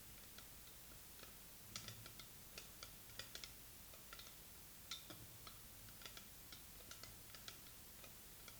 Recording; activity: daily activity, guitar pickup as the sensor; fry